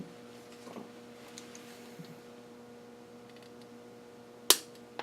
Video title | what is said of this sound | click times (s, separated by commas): Generation toys Megasorry Part 3(not megatron) | heard the click which means it went in and | 4.5 s